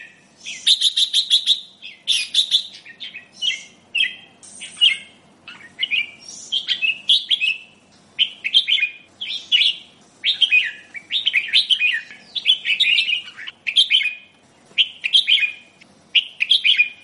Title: Suara Burung Kutilang